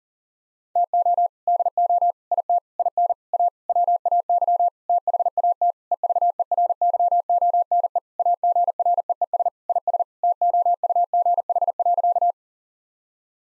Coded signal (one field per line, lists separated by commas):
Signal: Morse code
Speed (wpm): 37 wpm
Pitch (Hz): 700 Hz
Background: none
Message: TO DO IT IN A WAY THAT EVERYONE AGREES IS TOUGH.